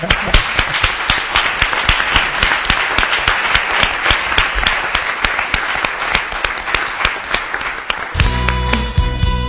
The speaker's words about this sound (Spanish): Pues nada. Un aplauso pues para toda la tertulia.